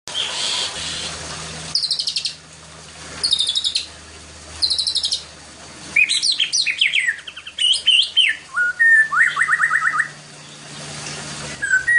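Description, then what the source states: White-rumped shama song: bursts of rich whistled phrases and buzzy trills between short pauses, with varied, sliding notes. Master song recording used for training other birds to sing.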